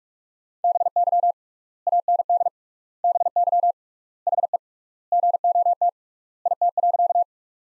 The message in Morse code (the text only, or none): BY AND BY HE GOT IT.